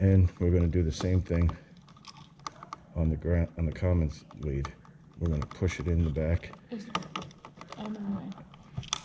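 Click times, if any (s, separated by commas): none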